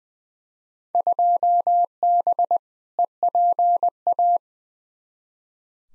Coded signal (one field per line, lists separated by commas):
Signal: Morse code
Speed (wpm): 20 wpm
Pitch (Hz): 700 Hz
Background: none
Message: 2B EPA